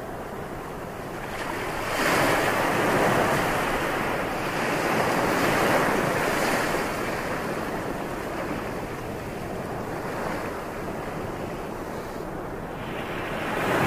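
Ocean waves wash steadily, a dense hiss of surf that swells from about two seconds and again near five to six seconds before easing back. The sound is full, with a low rumble underneath and some wind buffeting the microphone.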